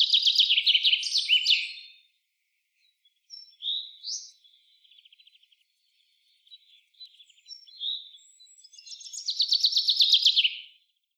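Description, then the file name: Common chaffinch song: a loud, rapid phrase of bright notes, a quieter mix of brief chirps and buzzy notes, then another full phrase. "Fringilla coelebs"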